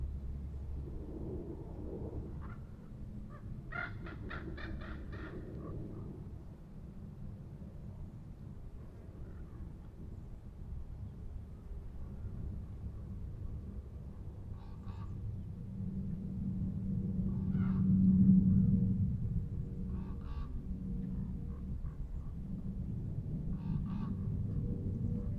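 Outdoor ambience at Manzanita Barren in Montclair, CA, with a steady low rumble throughout that swells around the middle, like a passing vehicle. Short bursts of crow-like caws break in near five seconds, then again at about fifteen, seventeen, twenty and twenty-two.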